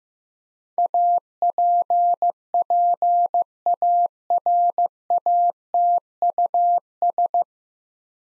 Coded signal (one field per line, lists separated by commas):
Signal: Morse code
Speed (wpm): 15 wpm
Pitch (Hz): 700 Hz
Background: none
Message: APPARATUS